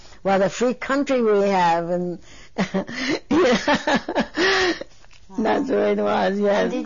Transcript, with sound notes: What a free country we have and ." (she laughs) And that's the way it was, yes.